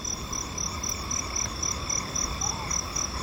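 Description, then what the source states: Frog calling with short high pulses repeated about four times a second over a continuous background hum. Frogs calling on a clear night on a road, Hateruma Island, Japan.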